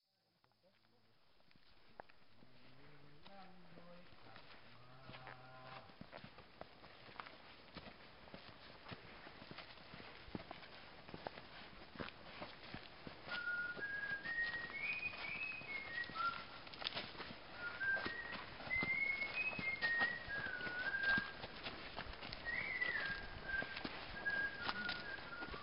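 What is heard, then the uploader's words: Footsteps crunch steadily along a mountain trail as a guide walks, with a few low sung or hummed notes early on. From about the midpoint a clear whistled tune rises and falls over the continuing tread, growing louder toward the end. Thailand - trekking with whistling guide. Walking with a guide (whistling and singing song) along a trail in mountains of Namtok Mae Surin National Park in the northwest of Thailand, near the border with Burma.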